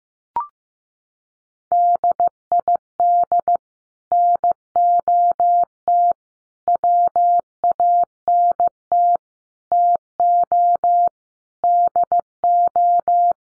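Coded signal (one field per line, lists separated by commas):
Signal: Morse code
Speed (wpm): 15 wpm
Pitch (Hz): 700 Hz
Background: none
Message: DID NOT WANT TO DO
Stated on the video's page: Morse code practice at 15 wpm, five-word groups sent for head-copy.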